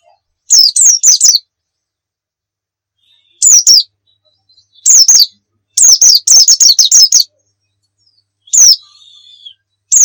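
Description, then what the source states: White-eye song in short separate bursts of sharp, high falling notes, with pauses of up to two seconds between phrases. Pleci muria type; masteran (song-training material).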